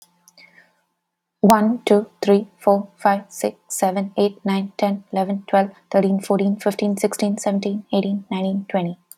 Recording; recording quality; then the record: counting at a fast pace; excellent, no background noise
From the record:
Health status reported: healthy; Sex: female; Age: 30 years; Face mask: not worn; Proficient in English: yes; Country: United States